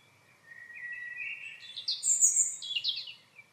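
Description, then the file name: European robin song, a thin drawn-out opening note followed by a rising run of high, fluid trills and tumbling twittering phrases, ending after about three seconds. "Erithacus rubecula"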